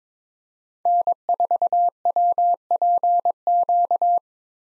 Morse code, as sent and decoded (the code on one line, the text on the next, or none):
-. ....- .-- .--. --.-
N4WPQ